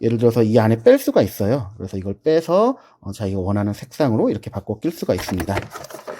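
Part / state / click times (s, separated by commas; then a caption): colored cap into the body of an assistive push switch / not seated / none. Someone talks while the colored top cap of a Big Red assistive push switch, a large round switch, is twisted off and swapped for another color, then twisted back onto the body to lock in place, with several small plastic clicks during the handling. The clip ends just before the cap goes home, so nothing has seated or clicked into place yet.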